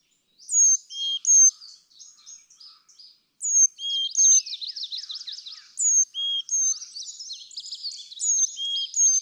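Carolina chickadee singing clear high whistled notes that drop to a lower whistle, mixed with bursts of buzzy, rapid chattering notes, repeated in phrases throughout.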